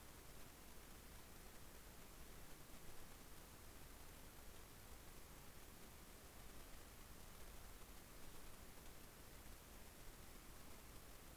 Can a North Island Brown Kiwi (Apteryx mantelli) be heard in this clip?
no